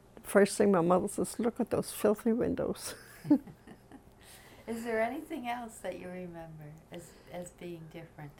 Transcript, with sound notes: the first thing my mother says, "Look at those filthy windows." (she laughs)
Is there anything that you remember as, as being different?